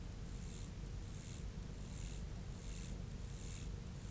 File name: Myrmeleotettix maculatus